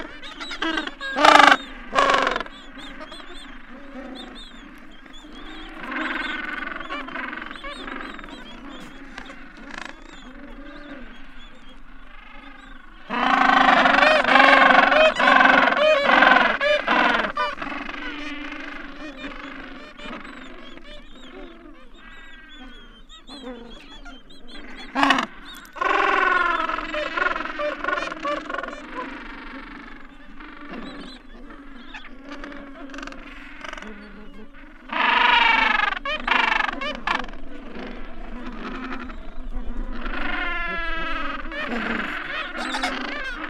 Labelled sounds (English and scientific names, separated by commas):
Gentoo Penguin (Pygoscelis papua) call